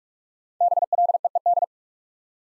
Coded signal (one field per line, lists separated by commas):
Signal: Morse code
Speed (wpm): 48 wpm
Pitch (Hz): 700 Hz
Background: none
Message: BLEED